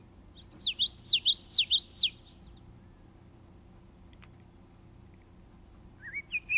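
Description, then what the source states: Common Yellowthroat song, a rapid series of repeated swooping phrases for about a second and a half, then quiet, with a separate rising high note near the end. Song of four 'witchety' phrases; the notes rise, fall and rise very rapidly; played at regular speed, then slowed down.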